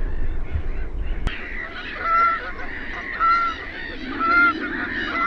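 Bird calls: a sharp click, then three nasal honks about a second apart, over steady low rumbling noise.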